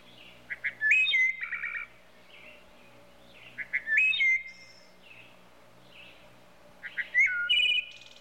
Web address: bird trushes wood thrushes animal